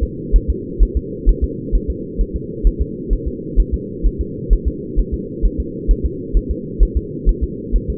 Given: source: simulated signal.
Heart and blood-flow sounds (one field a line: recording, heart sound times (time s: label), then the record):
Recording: fetal heart sounds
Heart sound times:
0.03 s: S2
0.36 s: S1
0.50 s: S2
0.83 s: S1
0.97 s: S2
1.29 s: S1
1.44 s: S2
1.75 s: S1
1.90 s: S2
2.21 s: S1
2.36 s: S2
2.67 s: S1
2.81 s: S2
3.13 s: S1
3.28 s: S2
3.60 s: S1
3.74 s: S2
4.06 s: S1
4.21 s: S2
4.53 s: S1
4.68 s: S2
4.99 s: S1
5.14 s: S2
5.45 s: S1
5.60 s: S2
5.91 s: S1
6.06 s: S2
6.37 s: S1
6.51 s: S2
6.83 s: S1
6.97 s: S2
7.29 s: S1
7.44 s: S2
7.76 s: S1
7.90 s: S2
From the record:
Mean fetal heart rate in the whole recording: 130 bpm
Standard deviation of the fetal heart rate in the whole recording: 2 bpm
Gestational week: 36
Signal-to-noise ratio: -4.1 dB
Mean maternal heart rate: no maternal heart sound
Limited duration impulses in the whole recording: absent